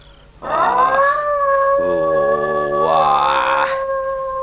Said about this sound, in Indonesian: Kenapa anjing hutan itu melolong terus begitu? Kurang ajar. Nanti bisa-bisa anakku tidak tidur karena suaranya yang berisik itu. Kupatahkan lehernya nanti. Kalau anjing hutan itu tidak juga menghentikan lolongannya itu.